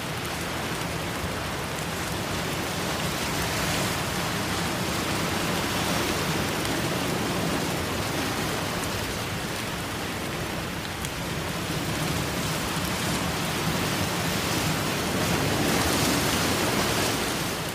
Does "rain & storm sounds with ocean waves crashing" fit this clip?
yes